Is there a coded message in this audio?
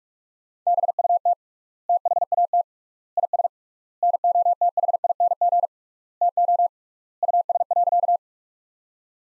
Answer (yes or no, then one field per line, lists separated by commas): yes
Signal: Morse code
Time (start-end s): 0.7-8.2 s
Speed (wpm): 41 wpm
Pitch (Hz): 700 Hz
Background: none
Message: BUT THAT IS NOTHING TO US.